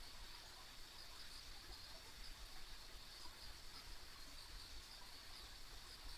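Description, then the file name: Insects calling together in a high, even drone, with low-pitched ambient rumble beneath. Ambient insect sounds along a country road. "田舎道の虫の環境音"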